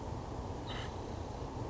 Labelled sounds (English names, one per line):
Acorn Woodpecker